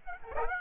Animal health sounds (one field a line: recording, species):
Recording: mosquito wingbeat signal from an infrared sensor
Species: Aedes aegypti